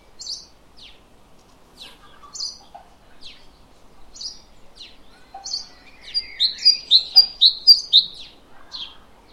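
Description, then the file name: Great tit song: scattered high downslurred notes at first, then a rapid loud series of repeated two-note phrases near the end, with quieter chirps between. "Parus major"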